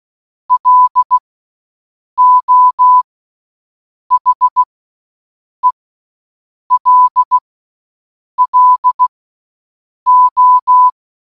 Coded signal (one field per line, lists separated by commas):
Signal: Morse code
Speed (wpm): 16 wpm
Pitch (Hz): 1000 Hz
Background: none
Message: LO HELLO